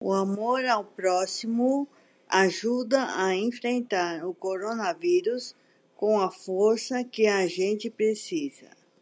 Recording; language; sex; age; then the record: spoken sentence; Brazilian Portuguese; female; 60 to 69 years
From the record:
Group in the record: control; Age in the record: 61 years